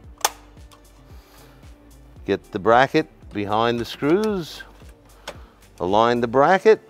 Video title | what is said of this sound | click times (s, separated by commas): Verona Clock Replacement | push clock back into bracket click right in | 0.2 s